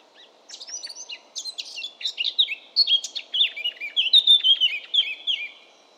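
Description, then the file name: Eurasian blackcap warbling: soft scratchy notes open a varied, fast phrase that grows louder into mellow fluty whistles. "baratposzata hangja"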